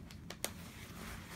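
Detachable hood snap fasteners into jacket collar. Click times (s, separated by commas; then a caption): 0.3 s, 0.4 s. The detachable hood of a Barbour waxed cotton jacket is fastened to the jacket collar with press-stud snaps. After a faint tap at 0.1 s, two short, sharp snaps are heard at 0.3 s and 0.4 s, the second louder, as the studs seat and the hood is fastened in place.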